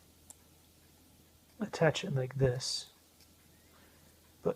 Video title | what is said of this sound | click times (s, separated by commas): Sq8 full hd 1080p mini dv unbiased unsponsored unboxing part 3 | attach it like this, but nothing really seems to click into place | none